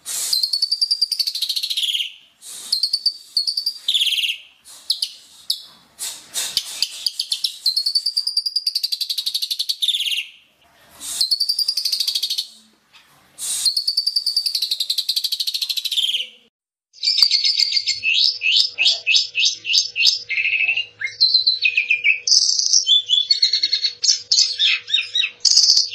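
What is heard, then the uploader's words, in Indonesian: A starling (jalak suren) sings energetically, with bursts of rasping, buzzy phrases sweeping high through the first sixteen seconds, separated by short silences. After a brief pause the song turns into a rapid, continuous stream of varied chirps, whistles and clicks that runs to the end. Jalak suren gacor. Suara burung.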